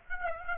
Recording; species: mosquito wingbeat signal from an infrared sensor; Aedes aegypti